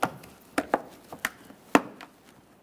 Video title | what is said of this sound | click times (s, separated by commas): How to Replace Rear Brake Hoses 2014-2019 Toyota Corolla | Listen for an audible click. | 0.0 s, 0.6 s, 0.7 s, 1.2 s, 1.8 s